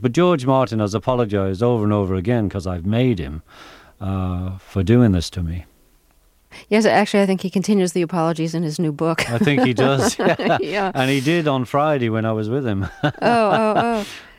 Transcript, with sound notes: But George Martin has apologized over and over again - because I've made him - for doing this to me.
Yes. Actually, I think he continues the apologies in his new book (laughter)
I think he does, yeah. And he did on Friday, when I was with him (laughter)
Oh, so...